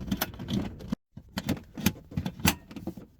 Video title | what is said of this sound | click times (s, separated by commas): Mercedes Sprinter Battery Replacement & Easy Alternator Test | just like that. locks in place and you're all | 2.5 s